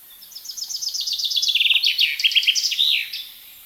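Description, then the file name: Common chaffinch delivering a full song phrase: fast trilled notes gaining loudness, shifting into lower chip sequences and a closing flourish. "Fringilla coelebs"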